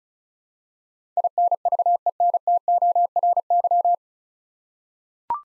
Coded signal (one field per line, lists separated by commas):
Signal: Morse code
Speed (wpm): 36 wpm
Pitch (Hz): 700 Hz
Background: none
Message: INVENTORY